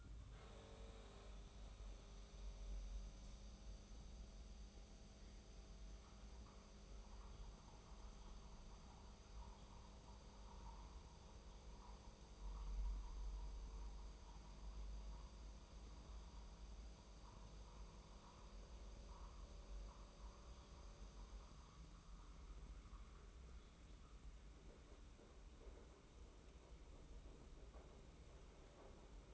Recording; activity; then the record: daily activity, microphone in the room; make coffee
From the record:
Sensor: 1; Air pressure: 994.5 hPa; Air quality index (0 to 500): 226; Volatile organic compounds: 1000 ppm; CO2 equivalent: 8120 ppm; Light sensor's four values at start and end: 125/285/126/137 and 94/210/93/96